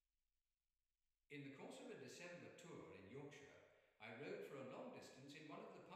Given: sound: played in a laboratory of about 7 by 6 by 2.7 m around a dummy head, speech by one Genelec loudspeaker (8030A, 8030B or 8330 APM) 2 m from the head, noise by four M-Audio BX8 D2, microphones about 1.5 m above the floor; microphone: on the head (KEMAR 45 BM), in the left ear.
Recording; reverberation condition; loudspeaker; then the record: male speech in English; high; in front (0 degrees)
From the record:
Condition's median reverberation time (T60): about 1300 ms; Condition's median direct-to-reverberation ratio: about -4.0 dB